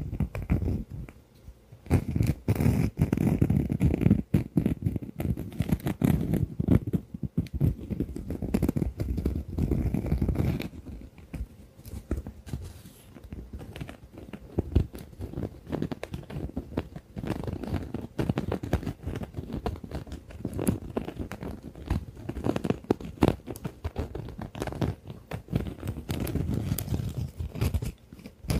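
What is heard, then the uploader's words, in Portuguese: Tapping, scratching and mouth sounds mix with soft brushing, dense and busy, louder in the first ten seconds, then lighter crackly patter. SEM FALAS - NO TALKING. ASMR sem falas com sons de tapping, scratching, sons de boca, pincel na tela e muito mais.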